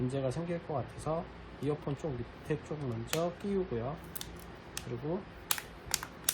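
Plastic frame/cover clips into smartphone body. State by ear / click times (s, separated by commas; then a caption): seated / 5.5 s, 5.9 s, 6.3 s. The plastic frame/cover of an LG Q31 smartphone is pressed firmly around its edges during reassembly so its clips snap into the body. Someone talks through the first five seconds. Sharp clicks follow at 5.5, 5.9 and 6.3 seconds as the clips seat.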